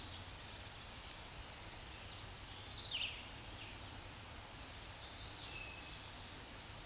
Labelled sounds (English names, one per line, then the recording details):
Chestnut-sided Warbler song
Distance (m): 35 m
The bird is about 15 m above the microphone
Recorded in a Pennsylvania forest on 16 May 2024 at 07:59
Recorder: AudioMoth, point MSD-2142
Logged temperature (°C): 16.7 °C
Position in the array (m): 9 m, 18 m